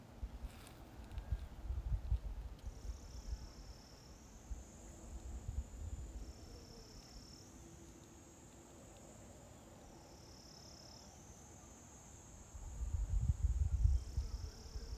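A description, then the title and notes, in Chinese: A valley outdoors, with insects holding a thin, high shrill that starts a few seconds in and shifts back and forth between two close pitches. Low rumbling gusts, like wind buffeting, come and go in the first six seconds and return near the end. 山谷 洱海。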